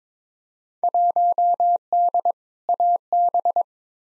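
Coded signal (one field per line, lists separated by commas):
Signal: Morse code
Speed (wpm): 22 wpm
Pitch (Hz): 700 Hz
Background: none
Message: 1D AB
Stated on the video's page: Field Day exchange copy practice at 22 wpm, each exchange sent, spoken, then sent again; exchanges weighted by 2019 participation.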